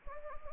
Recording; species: mosquito wingbeat signal from an infrared sensor; Anopheles arabiensis